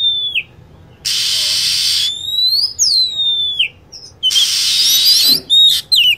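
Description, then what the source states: Lovebird calls: a long hissing burst followed by whistled notes that drop in pitch, then a second hissing burst and a quick run of sharp chirps. Recording used as a lure sound to attract birds.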